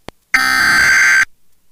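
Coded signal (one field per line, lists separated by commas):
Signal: Emergency Alert System (SAME) tones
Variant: header bursts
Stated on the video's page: Real severe thunderstorm EAS alerts received from an FM broadcast station in Laredo, Texas.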